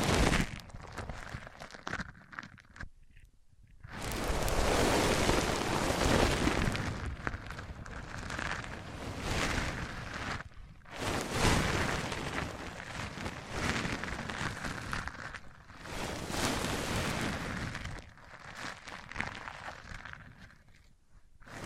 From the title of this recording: Rubbing Mics On Different Surfaces